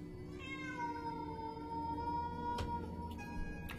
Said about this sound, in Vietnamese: Tiếng mèo kêu trong đêm nghe đến gai cả người.